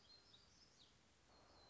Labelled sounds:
Black-throated Gray Warbler (Setophaga nigrescens)
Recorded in Sonoma County, California

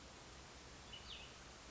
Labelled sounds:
Cassin's Vireo (Vireo cassinii)
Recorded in Sonoma County, California

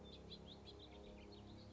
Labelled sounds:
House Finch (Haemorhous mexicanus)
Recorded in Sonoma County, California

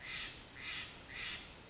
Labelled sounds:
Steller's Jay (Cyanocitta stelleri)
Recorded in Sonoma County, California

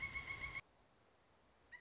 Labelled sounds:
Pileated Woodpecker (Dryocopus pileatus)
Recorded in Sonoma County, California

